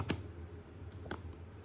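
After a small refillable container is filled with drops of liquid, its top cap is put back on and pressed down until it locks. Short sharp clicks are heard near the start, then a fainter tap and a clear click at 1.1 s as the cap locks in place.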